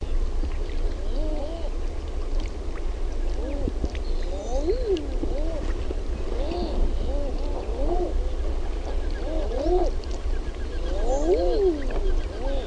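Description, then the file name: Common eiders cooing, many rising-falling moaning notes overlapping throughout, over a continuous low rumble. "HAAHKA"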